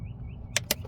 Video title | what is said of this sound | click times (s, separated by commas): Sonata MAP Sensor Replacement (Hyundai 2009 - 2015) | and you'll hear it pop like that now once that's up | 0.6 s, 0.7 s